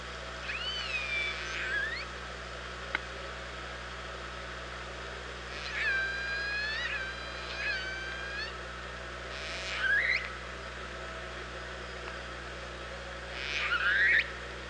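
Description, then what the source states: Orca calls, a series of varied tonal calls, some arching and some sharply rising, with harmonic bands, spaced irregularly throughout over continuous underwater hiss. OrcaLab, 24 August 2017, about 07:44.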